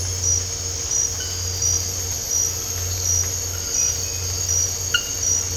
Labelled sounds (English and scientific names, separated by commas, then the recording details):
none
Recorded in dense forest near Puerto Asís, Putumayo, Colombia, on 8 March 2025 at 02:00
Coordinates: 0.468, -76.322
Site GP01